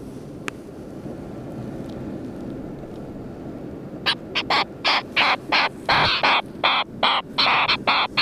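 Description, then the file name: Wilson's storm petrel calls: four seconds of low rumble, then a fast series of harsh, raspy chattering notes running to the end. "Wilsons Storm Petrel Oceanites oceanicus"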